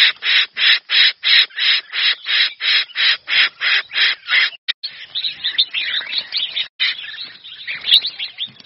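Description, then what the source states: Red-whiskered bulbul uttering a fast series of grating, buzzy calls, evenly spaced at first, then dissolving into a jumble of softer scratchy notes. Distress call.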